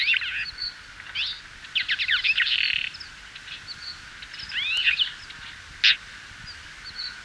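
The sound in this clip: Twite twittering song, a dense run of quick chirps and buzzy notes at first, then sparser rising twitters and a sharp note against constant background hiss.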